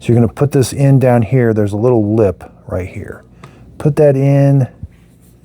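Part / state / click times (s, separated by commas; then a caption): HEPA filter screen into a cordless stick vacuum tube / not seated / none. A HEPA filter screen is being put down into the tube of a Dyson PencilVac Fluffycones cordless stick vacuum, past a small lip, while someone talks. Faint handling sounds come between the words, but the screen has not seated or clicked into place yet.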